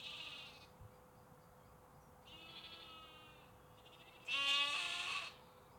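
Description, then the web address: Sheep bleats: softer, wavering calls at first, then one loud bleat near the end. Sheep and lambs, recorded in UK canals, parks and forests. "Sonniss com - GDC 2023-Game Audio Bundle. UK Canals, Parks Forests Sheeps Lamps"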